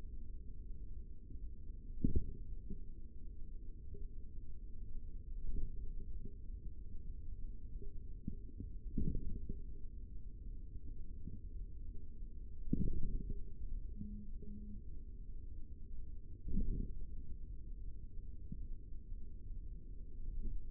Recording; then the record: forearm muscle sounds (acoustic myography)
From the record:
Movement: tripod grip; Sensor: system 3, bracelet of six PUI Audio POM-2738L microphones around the upper forearm, with dedicated amplification and filtering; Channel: 6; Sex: male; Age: 25 years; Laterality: right